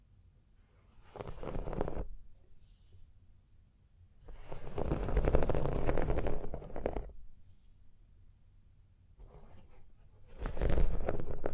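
Scratching and tracing on a surface comes in three rough swells, near 1, 4 to 7, and 10.5 seconds, with quiet gaps between.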